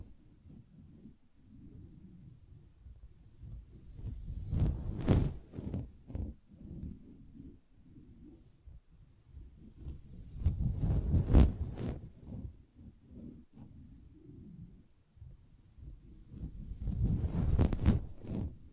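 Soft tapping and scratching on a fabric surface, mostly muffled and low, with dull thuds and rustling. Activity swells in three waves, around 5, 11 and 17 seconds, where sharper scratchy strokes and crisp taps cut through before settling back into quieter rubbing.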